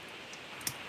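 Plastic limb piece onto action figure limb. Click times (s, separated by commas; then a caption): 0.7 s. A plastic limb piece on a Jazwares FNAF action figure is pushed onto the limb, where tiny tabs lock it in place. After a low, steady background, a single sharp, bright click sounds at 0.7 s as the piece seats.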